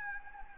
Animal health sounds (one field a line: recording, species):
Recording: mosquito wingbeat signal from an infrared sensor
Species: Anopheles gambiae